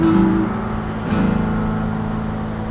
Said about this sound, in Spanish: Y yo te digo, ¿cuándo va a acabar el tráfico? ¿Cuándo va a acabar el tráfico?